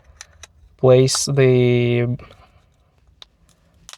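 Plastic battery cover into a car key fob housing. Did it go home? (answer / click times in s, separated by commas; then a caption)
yes / 3.2 s, 3.9 s. After the CR2032 coin cell in a 2015-2020 Ford F-150 flip-key fob is replaced (the old one removed with a screwdriver), the plastic battery lid is pressed back onto the fob housing while someone talks. Two sharp snaps are heard at 3.2 s and 3.9 s as the cover seats and snaps shut.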